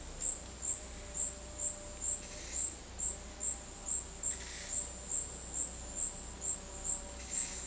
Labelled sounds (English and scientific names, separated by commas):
none